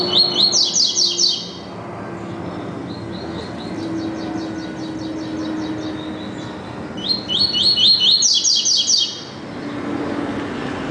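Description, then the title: Double-collared seedeater repeating a fast series of high notes that merge into a chattering trill, with a softer phrase between and a low hum behind. "Canto Coleiro"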